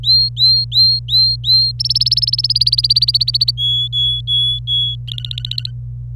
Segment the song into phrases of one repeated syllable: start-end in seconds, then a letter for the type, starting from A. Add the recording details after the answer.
0.00-1.72 A, 1.79-3.51 B, 3.57-4.95 C, 5.08-5.71 D. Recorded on 26 April 2018 at 09:47. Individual llb3